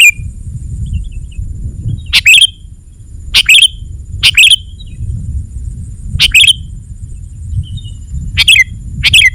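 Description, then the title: Sooty-headed bulbul singing brief chirpy phrases, six in all, irregularly spaced, with low rumbling background noise and a thin constant high tone. "kutilang"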